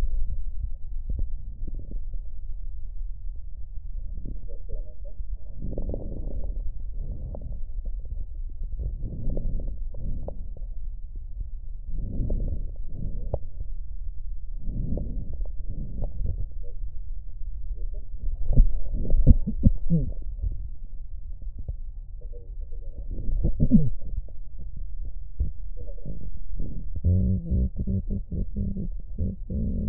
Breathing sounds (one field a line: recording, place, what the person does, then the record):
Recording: lung sounds by stethoscope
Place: left posterior basal chest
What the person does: quiet breathing, then cough and speech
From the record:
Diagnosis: COPD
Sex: female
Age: 72 years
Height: 156 cm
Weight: 72 kg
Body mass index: 29.6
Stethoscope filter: extended mode